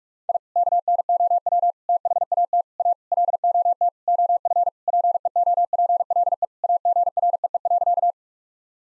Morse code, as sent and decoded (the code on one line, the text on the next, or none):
.. / -.- -. --- .-- / - .... .- - / .- / .-.. --- - / --- ..-. / .--. . --- .--. .-.. . / .- --. .-. . . .-.-.-
I KNOW THAT A LOT OF PEOPLE AGREE.